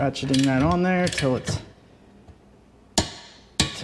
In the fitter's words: torque wrench clicks,